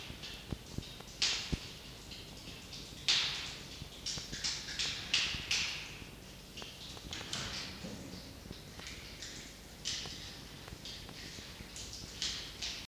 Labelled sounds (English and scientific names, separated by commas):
Red Fox (Vulpes vulpes)